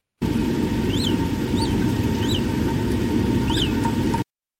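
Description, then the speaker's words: Naked mole-rat chirps: four short high notes that rise and fall, over a steady loud rumbling noise. Lives underground in desert regions of East Africa with little vegetation. "And can you guess what made this sound? Naked mole rats are moles that live on the ground and they come from East Africa"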